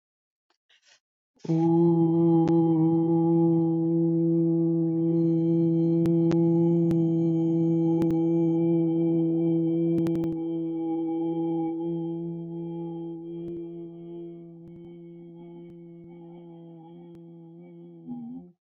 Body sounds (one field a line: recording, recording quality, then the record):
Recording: sustained vowel as in boot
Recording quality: excellent, no background noise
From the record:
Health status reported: COVID-19 positive, mild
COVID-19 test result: positive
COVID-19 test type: RT-PCR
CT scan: not taken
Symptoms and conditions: cold, fever, loss of smell and taste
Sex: male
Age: 27 years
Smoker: no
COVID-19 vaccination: both doses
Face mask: not worn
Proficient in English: yes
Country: India